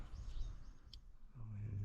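The plastic locking tab of a replacement alternator connector on a 2006 Subaru Impreza WRX STI is slid into the connector housing, securing the terminals. One small, sharp click sounds at 0.9 s over a steady low rumble. The tab is seated.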